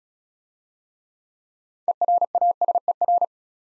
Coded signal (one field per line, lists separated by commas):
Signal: Morse code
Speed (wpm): 34 wpm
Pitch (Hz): 700 Hz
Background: none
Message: ERASER